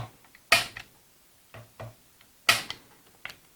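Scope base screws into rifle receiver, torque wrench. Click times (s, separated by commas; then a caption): 0.5 s, 2.5 s. A torque wrench re-checks the scope base screws going into a Remington 700 rifle receiver, double-checking each screw. The wrench gives sharp clicks at its setting at 0.5 s and 2.5 s. Fainter ticks and scraping from the tool follow each click.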